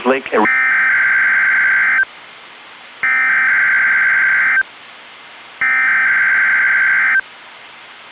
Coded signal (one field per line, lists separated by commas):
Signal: Emergency Alert System (SAME) tones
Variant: header bursts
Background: speech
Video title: EAS #216-217: 2 NWR Required Weekly Tests- Jan. 3-10, 2018